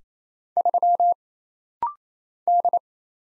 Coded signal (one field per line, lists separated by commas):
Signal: Morse code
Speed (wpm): 27 wpm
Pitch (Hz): 700 Hz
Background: none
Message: 3 D